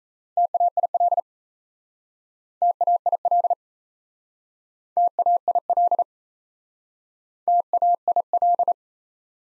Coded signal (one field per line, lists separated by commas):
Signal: Morse code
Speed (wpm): 38 wpm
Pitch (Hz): 700 Hz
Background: none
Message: TAIL TAIL TAIL TAIL